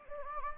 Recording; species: mosquito wingbeat signal from an infrared sensor; Anopheles gambiae